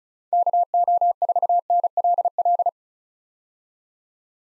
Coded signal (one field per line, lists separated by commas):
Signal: Morse code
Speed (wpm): 34 wpm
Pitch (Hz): 700 Hz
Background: none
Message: KO4NLL